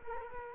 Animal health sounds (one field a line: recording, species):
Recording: mosquito wingbeat signal from an infrared sensor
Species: Culex quinquefasciatus